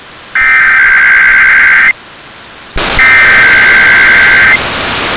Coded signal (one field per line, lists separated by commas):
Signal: Emergency Alert System (SAME) tones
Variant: header bursts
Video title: Mother Day Weekend Tests (EAS #26403-26408) 5/10-11/25